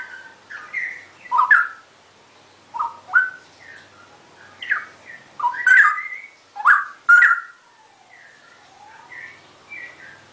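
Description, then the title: Oriental magpie-robin song with spaced whistled phrases and sharp notes separated by brief gaps, softer slurred whistles toward the end. "Kicau Kacer"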